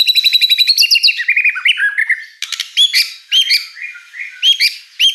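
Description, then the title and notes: White-rumped shama song, a fast run of rich varied phrases: rapid trills, whistled notes and harsh chattering bursts, with short pauses between loud segments. Lure song for white-rumped shama, described as energetic with a rich, varied repertoire. "Pancingan Gacor Murai Batu Bongkar Isian Mewah. Murai Batu Dongfeng"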